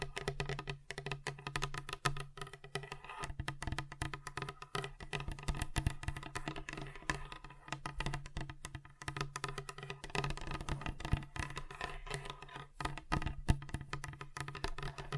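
Fingers tap on a table in quick, uneven bursts, sharp clicks crowding together with brief gaps near the one and nine second marks. A steady low hum runs underneath throughout, and the taps vary slightly in brightness as they continue.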